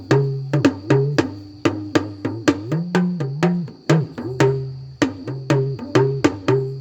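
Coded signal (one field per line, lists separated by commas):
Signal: talking drum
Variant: Yoruba dùndún, oriki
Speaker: That's what we call talking drum, oriki.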